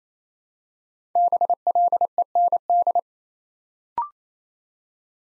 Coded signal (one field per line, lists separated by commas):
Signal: Morse code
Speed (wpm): 29 wpm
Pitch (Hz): 700 Hz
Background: none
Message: BLEND